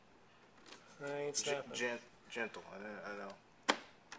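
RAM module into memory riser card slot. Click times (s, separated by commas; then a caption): 3.7 s. Someone talks while a RAM module is pressed gently into the memory riser card (Riser B) of a Mac Pro desktop computer. A sharp, loud click at 3.7 s is followed by a smaller click at about 4.1 s as the module snaps into place. The module is seated.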